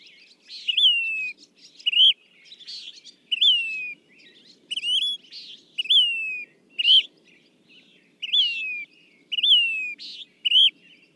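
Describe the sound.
Say's phoebe repeating burry falling whistles mixed with short upswept notes, over a faint low background rumble.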